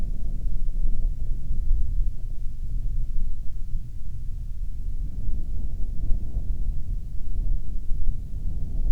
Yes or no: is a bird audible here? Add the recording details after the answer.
no. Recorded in the Arctic National Wildlife Refuge, Alaska, on 7 August 2019 at 12:23. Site 49